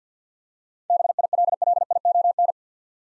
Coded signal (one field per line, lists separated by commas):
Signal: Morse code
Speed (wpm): 50 wpm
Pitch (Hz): 700 Hz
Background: none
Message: BILLION